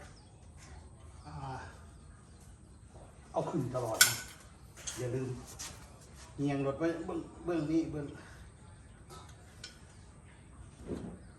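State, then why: Not seated. A metal paddock stand is handled as its cups are brought onto a big bike motorcycle's swingarm spools, while someone talks. A sharp metallic knock rings out around 4.0 s, and a faint tap follows near 9.6 s. The stand has not seated or locked onto the bike yet.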